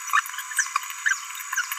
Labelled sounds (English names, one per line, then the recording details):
Green-rumped Parrotlet babbling
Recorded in a nest box in Venezuela
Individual 18B17A3